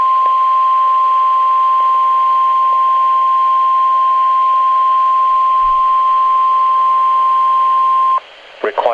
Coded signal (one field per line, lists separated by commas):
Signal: Emergency Alert System (SAME) tones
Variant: 1050 Hz attention tone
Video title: Required Weekly Test | EAS #530